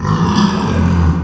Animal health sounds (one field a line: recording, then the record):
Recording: squeal of a Yucatan mini pig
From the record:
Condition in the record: after surgery on the right vocal fold (resection and tissue-engineered implant)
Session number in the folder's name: 15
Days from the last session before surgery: 175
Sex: female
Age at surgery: 19 weeks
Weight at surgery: 25 kg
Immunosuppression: prednisolone